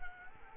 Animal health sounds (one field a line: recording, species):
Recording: mosquito wingbeat signal from an infrared sensor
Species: Culex quinquefasciatus